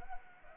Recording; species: mosquito wingbeat signal from an infrared sensor; Anopheles arabiensis